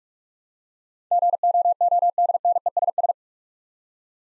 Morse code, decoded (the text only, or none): GOODNESS